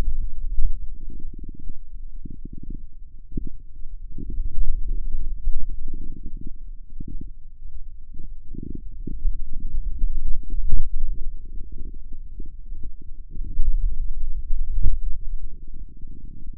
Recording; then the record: forearm muscle sounds (acoustic myography)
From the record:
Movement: pen grasping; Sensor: system 2, bracelet of six BSWA MPA416 microphones around the upper forearm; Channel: 5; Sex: male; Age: 22 years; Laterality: right